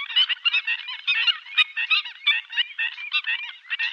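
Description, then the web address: Black-winged stilt calls: a dense run of sharp, yelping notes that overlap and tumble quickly for the whole stretch, with no other clear sounds. "Faglar Sound Styltlopare"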